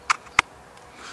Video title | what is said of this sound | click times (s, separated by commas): Introduction video of 3d metal detector Evolution - Part 1/3 | once it clicks together then you have one complete unit | 0.4 s